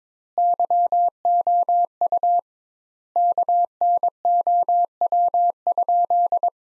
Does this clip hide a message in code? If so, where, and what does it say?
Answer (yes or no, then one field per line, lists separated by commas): yes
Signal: Morse code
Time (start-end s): 0.4-6.5 s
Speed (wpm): 22 wpm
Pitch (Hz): 700 Hz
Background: none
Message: YOU KNOW?